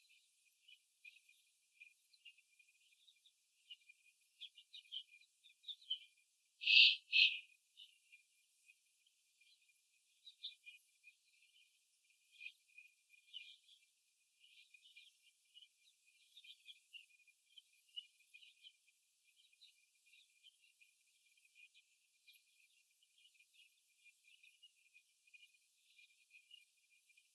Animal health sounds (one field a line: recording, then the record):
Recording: young laying hens in a cage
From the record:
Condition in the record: after the stressor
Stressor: simulated dog barking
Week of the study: 1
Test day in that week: 2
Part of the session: 2